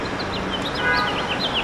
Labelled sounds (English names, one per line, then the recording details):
House Finch song
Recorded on Long Island, New York, on 6 April 2012
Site BH
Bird B